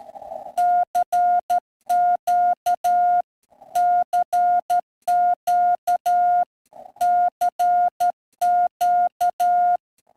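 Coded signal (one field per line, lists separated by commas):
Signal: Morse code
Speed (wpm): 12 wpm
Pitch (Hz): 710 Hz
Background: none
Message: CQ CQ CQ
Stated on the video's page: POTA activation looking for contacts with FDX10, Palomar Bullet 9:1 unun and 29.5 ft end-fed wire, MFJ manual tuner.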